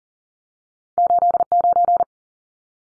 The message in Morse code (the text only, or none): 89